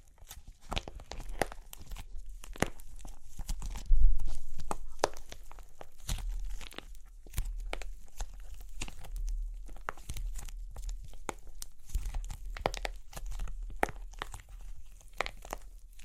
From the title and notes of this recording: Super Crunchy Clay Cracking (No Talking).